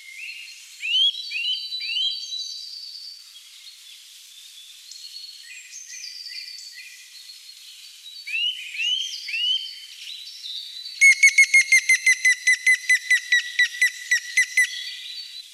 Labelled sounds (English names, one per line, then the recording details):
Grey-headed Woodpecker song
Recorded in the wild
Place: Jägerhof / Breisach am Kaiserstuhl, Baden-Württemberg, DE
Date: 1989-04-15
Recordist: Schwarz, Dieter